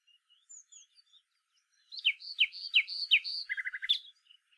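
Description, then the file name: Common nightingale singing a varied phrase of repeated down-slurred whistles and sharp notes, including a rapid series of several lower notes; faint soft notes beforehand. "Luscinia megarhynchos"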